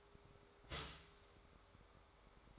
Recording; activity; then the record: daily activity, microphone in the room; start toaster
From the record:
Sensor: 3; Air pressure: 1014.7 hPa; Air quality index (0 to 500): 200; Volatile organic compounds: 26 ppm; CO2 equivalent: 2867 ppm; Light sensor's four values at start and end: 4/10/4/4 and 4/10/4/4